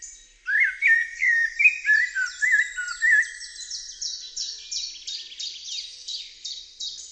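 Bird song: lively whistled warbling phrases with quick slurred notes, running into a long series of high, clipped notes repeated about three times per second.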